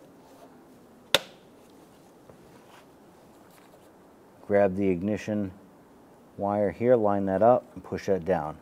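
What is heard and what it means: A spring-loaded metal clip on the air box lid of a 1992-1996 Toyota Camry 2.2L L4 is reinstalled during an air charge temperature sensor replacement. It closes with one loud, sharp snap at 1.1 seconds, and the clip is seated and latched. Afterward someone talks.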